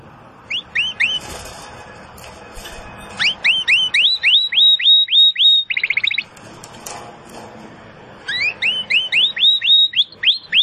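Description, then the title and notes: Domestic canary song of sharp rising whistled notes repeated about three per second, a brief buzzy trill, then more rising notes. Belgian canary breed; song style named campainha (bell). "Canário Belga Campainha Canary Singing. Canario Belga Cantando"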